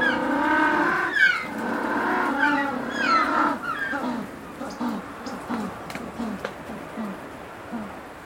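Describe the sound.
African penguin braying: long harmonic tones for about three and a half seconds, then a series of short, evenly spaced grunting notes.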